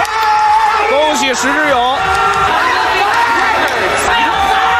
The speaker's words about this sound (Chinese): 听到这一声大喊，还有谁了吗？这一幕实在是太燃了，也展示了举重赛场上的中国力量。